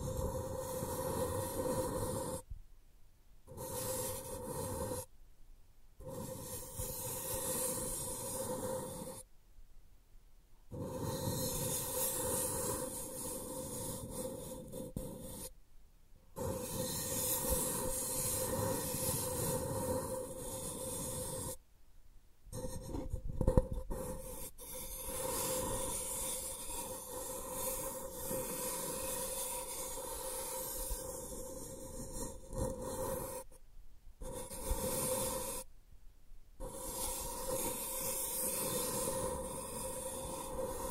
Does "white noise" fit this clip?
no